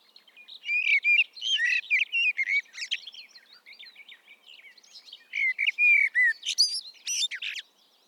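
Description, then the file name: Common blackbird song with warbled, fluty notes running into a busy, jumbled twitter. Two loud bursts are broken by quieter chattering in between. "Turdus merula"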